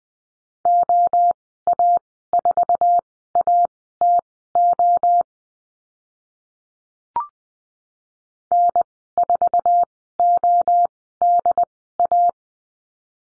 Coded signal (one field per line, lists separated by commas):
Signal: Morse code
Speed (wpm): 20 wpm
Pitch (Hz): 700 Hz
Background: none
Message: OA4ATO N4ODA